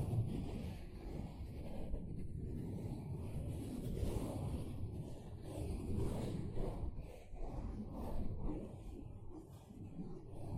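A sponge is rubbed and scrubbed without pause, giving a dense, dull rasping that swells and eases with each uneven stroke. The sound stays mostly low and muffled, with faint brighter scratchy hiss rising in short bursts, most noticeably around the middle and near the end.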